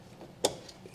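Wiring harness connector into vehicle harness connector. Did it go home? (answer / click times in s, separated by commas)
yes / 0.4 s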